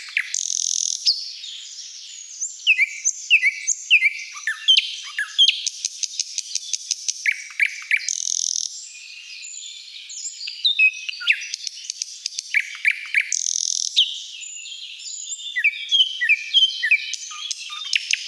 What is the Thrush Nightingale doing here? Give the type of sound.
song